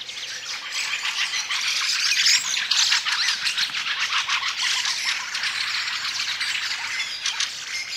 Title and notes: Viikon luontoääni: Räkättirastas. Viikon luontoäänen esitteli Juha Laaksonen